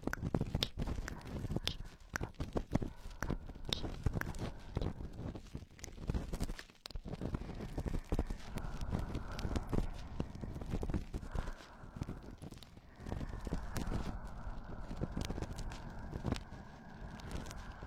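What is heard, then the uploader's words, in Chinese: Crunchy ear cleaning: a dense run of quick scratching and crackling clicks, with a dull rumble underneath. The scraping keeps an uneven, busy rhythm throughout, and a faint steady hum sits in the background from about eight seconds on. 咯吱咯吱掏耳朵。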